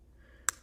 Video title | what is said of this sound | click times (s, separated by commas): The Complete Saga Minifigure Collection - Part 26 | Clicks right in there. | 0.5 s